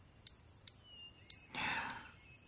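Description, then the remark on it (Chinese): Typing a text message on a phone instead of sending a voice message: a handful of light, crisp taps at an uneven pace, with a brief soft rustling burst near the end, no voices. “他这会儿感冒加宿醉，嗓子干得快裂了，心虚的根本不敢发语音，只得老老实实打字。”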